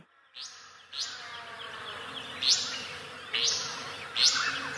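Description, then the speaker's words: Restless Flycatcher song: rasping, buzzy upward sweeps, repeated several times. Song; played recording. "Song of the Restless Flycatcher from Morning in the Australian Bush."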